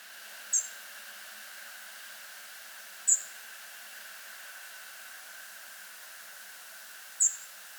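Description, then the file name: European robin calls: three thin, very high, short notes spaced a few seconds apart over a steady background hiss. "Erithacus rubecula"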